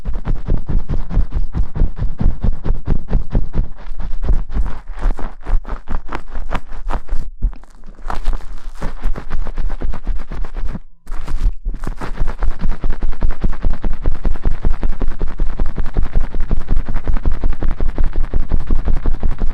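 Hair being shampooed, a fast, steady run of wet scrubbing and squelching strokes. The rubbing stays dense and regular throughout, pausing briefly around eight and eleven seconds before resuming at the same pace.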